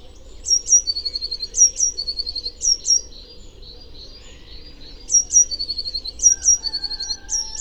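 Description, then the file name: Eurasian blue tit song, high thin notes followed by a quick lower trill, phrases repeated in two bursts separated by a short pause, low hum beneath. "Cyanistes caeruleus"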